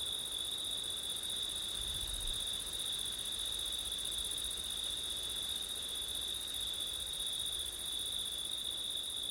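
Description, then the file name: Crickets in an unbroken high chorus, a bright steady trill with a shrill band above, and a short low gust of wind around two seconds. Crickets on a September night, with wind. "crickets wind september night ortif"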